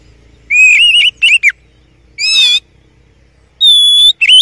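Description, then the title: Oriental magpie-robin song with rich whistled notes, some wavering and some steady, plus a short harsh buzzy note between them. Champion (juara) song, used to train other songbirds (masteran). "Masteran Kacer Juara"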